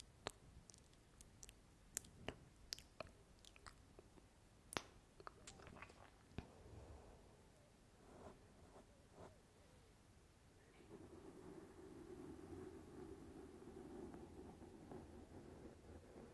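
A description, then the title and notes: Mouth sounds: a rapid run of sharp, wet clicks and smacks fills the first six seconds, thinning to a few scattered pops around eight to nine seconds. From about eleven seconds a steady, low scratching rub takes over and continues to the end. Mouth Sounds Kiss Sounds Scratching.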